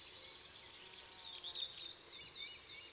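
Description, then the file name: European serin song, a short, bright, rapid tinkling jingle lasting over a second, followed by a few faint, thin high notes. "Serin cini"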